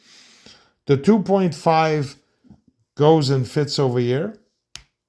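A 2.5 mm plug is pushed onto the matching end of an audio jack adapter while someone talks, and a sharp snap is heard at 4.8 s. The plug seats firmly on this end, unlike the other end, where it stays loose and doesn't snap.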